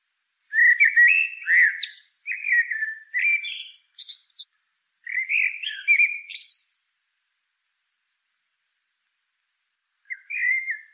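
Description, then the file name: Common blackbird song: three rich warbling phrases separated by short gaps, each ending in high squeaky notes, then a lone soft whistle after a pause. "Turdus merula"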